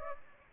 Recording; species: mosquito wingbeat signal from an infrared sensor; Aedes aegypti